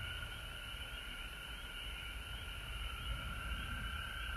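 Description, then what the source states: Frogs keep up a continuous trilling chorus over a low rumble. Recorded at home in Georgia on March 19, 2020.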